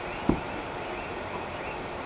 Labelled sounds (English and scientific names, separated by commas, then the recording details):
none
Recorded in shrubland near Pivijay, Magdalena, Colombia, on 15 April 2023 at 19:00
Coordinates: 10.453, -74.365
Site P5-G022